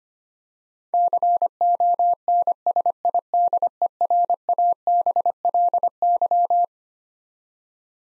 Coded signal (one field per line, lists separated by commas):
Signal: Morse code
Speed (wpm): 25 wpm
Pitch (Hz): 700 Hz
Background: none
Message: CONSIDERABLY